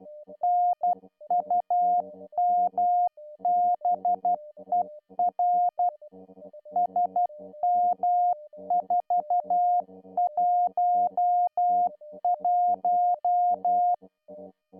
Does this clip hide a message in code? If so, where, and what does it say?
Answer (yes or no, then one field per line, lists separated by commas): yes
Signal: Morse code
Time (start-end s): 0.4-13.9 s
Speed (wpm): 12 wpm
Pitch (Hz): 710 Hz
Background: music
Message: NUMBER SM411